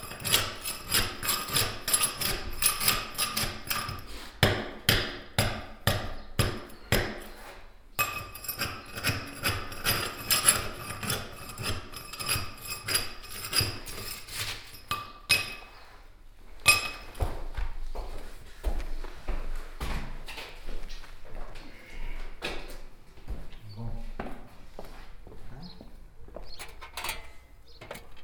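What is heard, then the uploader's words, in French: Tile adhesive is chipped off a hard surface with rapid, closely spaced hammering and a rattling, bright clatter for the first fifteen seconds or so. After that the blows become sparser and irregular, with separate knocks, scrapes and small clinks of falling bits. Enlever la colle de carrelage. Couternon.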